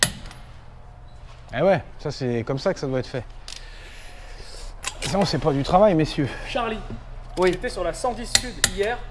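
A torque wrench tightening a car wheel nut to the required torque without going past it gives a single sharp metallic click at 0.0 s as it reaches its setting. Someone then talks for the rest of the clip, with a few faint knocks in between.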